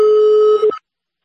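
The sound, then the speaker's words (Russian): A single steady electronic telephone tone, loud and mid-pitched, holds for under a second with a slight wobble at the end, then cuts off into silence. “Я тебе сейчас звоню или ты мне?”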